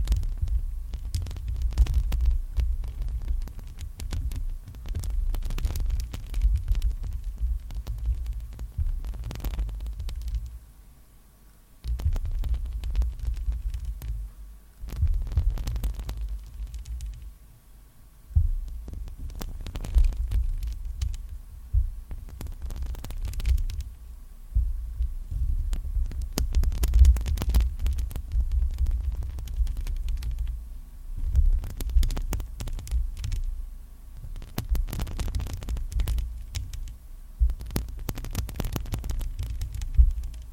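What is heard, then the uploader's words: Nails scratch and tap directly on a microphone, giving a dense, close, low rumbling scrape with sharp clicks scattered throughout. The scratching comes in bursts with brief quiet gaps, notably around 11, 15 and 18 seconds, and the sound stays mostly deep and muffled. ASMR Clear Nails Mic Scratching ~ (tapping & scratching triggers).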